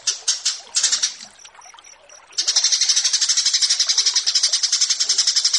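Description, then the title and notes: Horsfield's bush lark song: a few scratchy bursts, a brief run of thin high dotted notes, then a long rapid stream of harsh buzzy pulses. Song tutoring (masteran) for training kept birds, set against 'burger' sounds. "Branjangan VS BURGER Masteran. burung BRANJANGAN"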